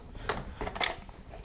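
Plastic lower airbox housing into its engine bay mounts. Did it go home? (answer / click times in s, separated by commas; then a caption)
yes / 0.3 s. The lower plastic airbox housing is pressed down by hand onto its mounts in the engine bay of a Jeep JK during a dual battery kit installation. A sharp plastic snap sounds at 0.3 s, followed by softer knocks and rubbing of plastic as it settles. The airbox section is seated in place.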